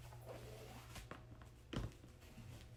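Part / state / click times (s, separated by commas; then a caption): butterfly lock into brooder wall panels / not seated / none. A butterfly lock is handled at an angle against the wall panels of a 9.5-inch, three-layer chick brooder, producing soft plastic handling noises and brief knocks near 1.1 and 1.8 seconds over a steady low hum. The lock is meant to be pushed until it snaps in, but nothing has seated or clicked yet.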